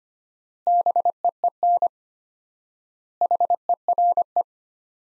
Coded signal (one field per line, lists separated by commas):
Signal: Morse code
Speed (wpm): 25 wpm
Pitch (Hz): 700 Hz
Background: none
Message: BEEN HERE